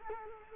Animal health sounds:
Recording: mosquito wingbeat signal from an infrared sensor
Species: Culex quinquefasciatus

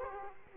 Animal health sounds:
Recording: mosquito wingbeat signal from an infrared sensor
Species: Culex quinquefasciatus

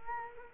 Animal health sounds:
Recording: mosquito wingbeat signal from an infrared sensor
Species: Culex quinquefasciatus

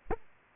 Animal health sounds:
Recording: mosquito wingbeat signal from an infrared sensor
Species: Aedes aegypti

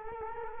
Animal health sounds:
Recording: mosquito wingbeat signal from an infrared sensor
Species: Culex quinquefasciatus

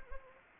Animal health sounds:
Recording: mosquito wingbeat signal from an infrared sensor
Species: Anopheles gambiae

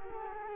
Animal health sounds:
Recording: mosquito wingbeat signal from an infrared sensor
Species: Culex quinquefasciatus

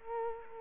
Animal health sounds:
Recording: mosquito wingbeat signal from an infrared sensor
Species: Culex quinquefasciatus

